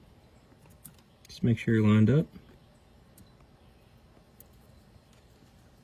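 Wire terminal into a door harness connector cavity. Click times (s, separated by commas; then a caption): 0.9 s. A crimped wire terminal, flat smooth side toward the GM logo, is pushed into pin 11 of the plastic mirror harness connector in the door during a tow mirror install on a 2014-2018 Chevy Silverado 1500/Sierra. A sharp click at 0.9 s marks the terminal seating all the way in. Someone then talks briefly over a quiet background with a few faint ticks later.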